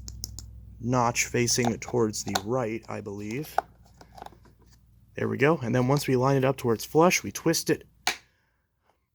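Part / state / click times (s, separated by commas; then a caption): plastic hose adapter into vacuum fitting / seated / 8.1 s. Someone talks while a plastic hose adapter is lined up flush with a fitting on a Bissell PowerForce Helix Turbo Rewind Pet (1797) vacuum and twisted to the left, with a few light clicks near the start. A sharp snap at 8.1 s marks the adapter seating upright in place.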